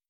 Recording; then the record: hydrophone in a shrimp aquaculture tank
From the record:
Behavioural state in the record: starved